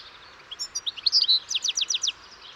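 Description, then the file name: European goldfinch with a brief twitter of high chirps leading into a run of five rapid, descending notes. "Carduelis carduelis"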